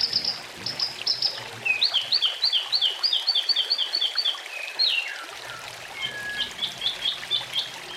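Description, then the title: Oriental magpie-robin song of high clipped notes, a steady series of paired notes, then scattered whistles and a soft trill. "Kicau Kacer"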